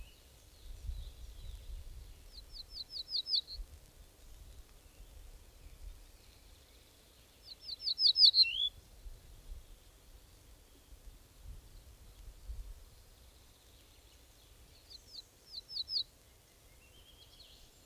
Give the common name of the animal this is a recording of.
Ortolan Bunting